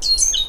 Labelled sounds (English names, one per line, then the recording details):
Stitchbird song
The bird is a male
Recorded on Tiritiri Matangi Island, New Zealand, in 2005
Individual 10, of nest box 12